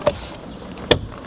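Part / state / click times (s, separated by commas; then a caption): airbag wiring plug into airbag connector socket / seated / 0.9 s. An airbag wiring plug is pushed firmly into its airbag connector socket under the seat of a Golf Mk4 TDI wagon, since it needs a good push to go in. After a faint knock at 0.1 s, a sharp click at 0.9 s shows the plug clipping into place, and it is confirmed seated.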